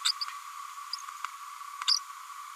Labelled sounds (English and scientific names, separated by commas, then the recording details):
Green-rumped Parrotlet (Forpus passerinus) babbling
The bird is a female
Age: 31 days
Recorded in a nest box in Venezuela
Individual 17B102A5